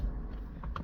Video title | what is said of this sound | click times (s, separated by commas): How to install Joying Auto Rotated Double Din Car Stereo | Okay, once you got the holes aligned, pull it to your left and push down here to snap. | 0.6 s, 0.8 s